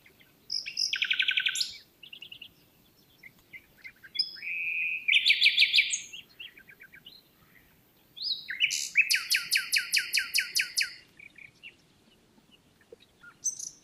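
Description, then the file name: Common nightingale singing rich changing phrases, with rattled note series, a sustained whistled tone and a long burst of fast, loud repeated notes, with short silences between phrases. "Luscinia megarhynchos"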